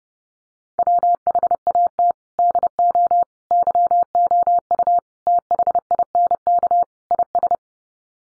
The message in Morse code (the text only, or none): WHAT DO YOU THINK IS